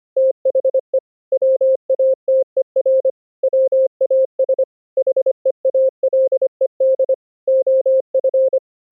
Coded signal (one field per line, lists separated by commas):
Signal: Morse code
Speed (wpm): 25 wpm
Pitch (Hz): 530 Hz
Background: none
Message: THE WATER WAS HEALED OF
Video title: Morse Code over ip: Network Tools to evaluate condition of internet 2-way full duplex packet pathway